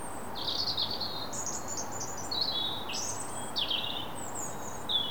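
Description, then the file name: European robin song made of quick high whistled phrases, each different, some sliding downward, separated by short gaps, over steady low background noise. "Erithacus rubecula"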